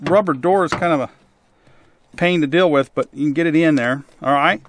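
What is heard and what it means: Someone talks while working the clamp cable plug of a Foxpeed portable emergency car booster jump starter past the unit's fiddly rubber flap toward its port. Only the voice is heard, with a quiet pause in the middle. The plug has not clicked or seated yet.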